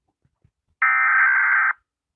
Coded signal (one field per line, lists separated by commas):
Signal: Emergency Alert System (SAME) tones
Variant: header bursts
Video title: rating different eas alarms from country's (contain loud alarms)